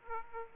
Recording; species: mosquito wingbeat signal from an infrared sensor; Aedes aegypti